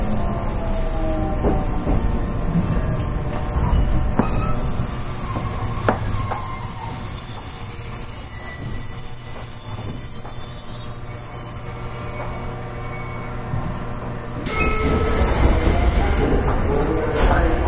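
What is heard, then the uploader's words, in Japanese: Onboard recording of an electric train running at speed, with a steady low rumble of wheels on rails, a faint high whine, and occasional clicks and knocks. Around fourteen seconds the sound opens up into a louder, rougher roar as the car continues. JR813系 博多から折尾まで。JR九州 813系電車の走行音です。鹿児島線の快速列車にて収録しました。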